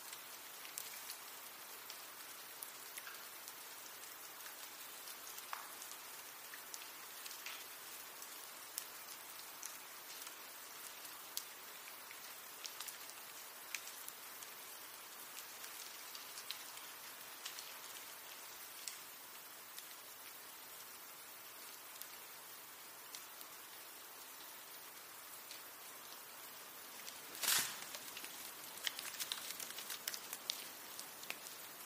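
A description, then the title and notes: Melting snow drips steadily from trees in a dense, bright patter of taps, with a sharp thud of falling ice near the end. Snowmelt: Winter Soundscape. Melting snow and icicles fall from the trees, as the sun warms a winter wonderland.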